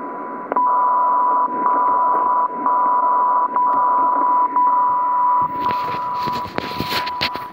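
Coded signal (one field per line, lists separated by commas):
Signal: radio time signal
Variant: DCF77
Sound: steady tone near 1 kHz, briefly dipping once per second about six times, then crackly noise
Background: radio static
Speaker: you can actually it is a great deal of difference it's not just unbelievable what it does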